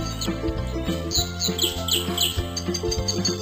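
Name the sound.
small birds chirping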